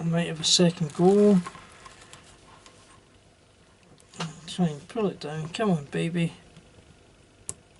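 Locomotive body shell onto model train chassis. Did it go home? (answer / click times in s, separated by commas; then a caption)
partly / 7.5 s. Someone talks while pulling a replacement plastic body shell down onto the chassis of a 1950s Triang R59 model locomotive, with faint handling sounds under the speech. A sharp snap comes at 7.5 s as the shell partly clips on, but it is not yet fully home.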